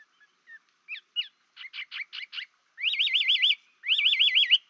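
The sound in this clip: Chinese hwamei song: soft scattered notes, then a quick run of buzzy notes, then two loud, rich warbling phrases that waver rapidly up and down.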